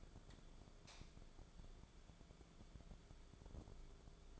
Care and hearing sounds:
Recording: daily activity, microphone in the room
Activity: light on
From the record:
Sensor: 5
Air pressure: 1010.3 hPa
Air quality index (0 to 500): 117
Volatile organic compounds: 2 ppm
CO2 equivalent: 1151 ppm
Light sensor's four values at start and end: 519/1328/549/621 and 519/1331/550/621

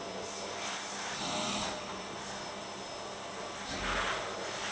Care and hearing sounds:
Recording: daily activity, microphone in the room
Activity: vacuum cleaning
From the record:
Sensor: 3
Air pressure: 1000.1 hPa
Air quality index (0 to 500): 136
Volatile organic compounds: 2 ppm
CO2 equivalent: 1210 ppm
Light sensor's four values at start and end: 40/101/43/47 and 40/101/43/47

